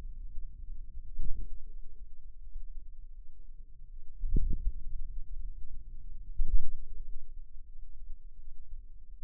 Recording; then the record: forearm muscle sounds (acoustic myography)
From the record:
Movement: ulnar deviation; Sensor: system 2, bracelet of six BSWA MPA416 microphones around the upper forearm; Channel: 5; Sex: female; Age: 23 years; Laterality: right